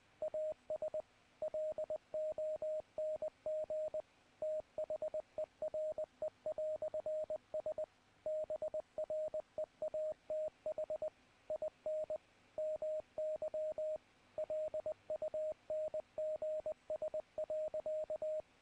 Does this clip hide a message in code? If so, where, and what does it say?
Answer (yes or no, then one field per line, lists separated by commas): yes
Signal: Morse code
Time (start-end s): 0.2-18.4 s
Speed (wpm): 20 wpm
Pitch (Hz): 620 Hz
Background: radio noise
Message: AS LONG THERE"S BREATH IN MY LUNGS.